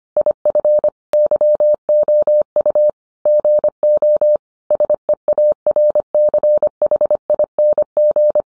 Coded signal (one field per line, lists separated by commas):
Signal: Morse code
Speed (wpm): 25 wpm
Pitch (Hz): 600 Hz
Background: none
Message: IF YOU GO SEARCHING